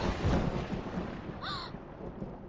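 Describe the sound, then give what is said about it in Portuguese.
A steady hiss of rain pours throughout, with a low rolling rumble of thunder swelling in the first moments; a brief high squeaky chirp cuts in midway. “Esconde-esconde e na chuva. Que chuva?”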